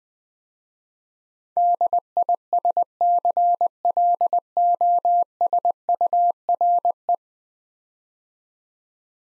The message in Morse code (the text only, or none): DISCLOSURE